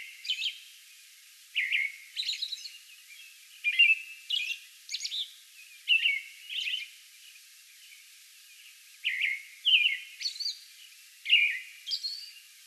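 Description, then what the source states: American robin song, grouped whistled phrases separated by short pauses, with high squeaky elements after several phrases. Song bout recorded May 11.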